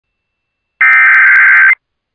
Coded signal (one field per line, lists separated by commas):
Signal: Emergency Alert System (SAME) tones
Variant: header bursts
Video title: (EAS Audio) Tornado Emergency for Alexandria, LA on December 16, 2019